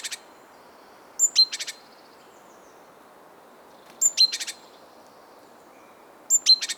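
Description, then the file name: Great tit giving a sharp high note that drops, followed by a short burst of scratchy notes, three times over several seconds against a steady low background noise. "Parus major"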